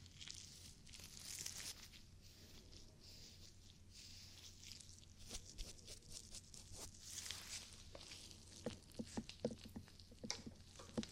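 Ear cleaning sounds: soft rubbing and scratching with a steady airy hiss, broken by sharp crackles and taps. The clicks come irregularly at first and grow quicker and louder after about eight seconds, over a faint low hum underneath.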